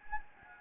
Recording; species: mosquito wingbeat signal from an infrared sensor; Anopheles gambiae